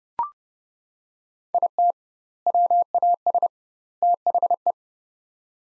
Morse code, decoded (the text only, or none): IT WAS THE